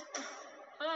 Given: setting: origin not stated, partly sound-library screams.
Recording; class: one-second piece from a danger detection set; woman in danger